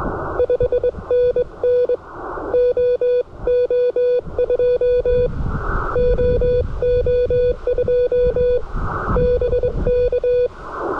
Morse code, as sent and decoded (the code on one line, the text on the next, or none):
..... -. -. / --- --- ..--- / --- --- ..--- / -... -.-
5NN OO2 OO2 BK